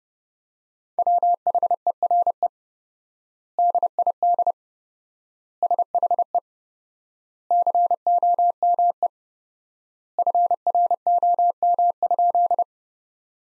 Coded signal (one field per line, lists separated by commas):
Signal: Morse code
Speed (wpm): 32 wpm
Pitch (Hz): 700 Hz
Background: none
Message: WHERE DID SHE COME FROM?